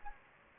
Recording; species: mosquito wingbeat signal from an infrared sensor; Anopheles gambiae